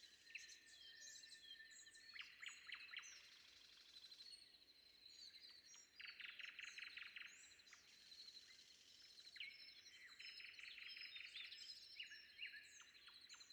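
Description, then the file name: Nightingale singing rapid machine-gun rattles of repeated notes and short phrases, while other birds chirp and whistle around it over a thin steady hum. Sung before dawn. "predawn nightingale"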